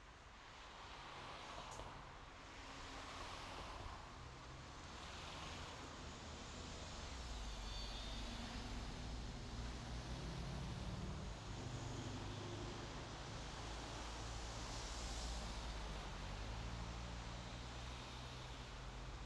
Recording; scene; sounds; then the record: everyday scene through a hearing-aid microphone; in traffic; traffic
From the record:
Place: main road on the outskirts, rush hour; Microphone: in the ear canal, left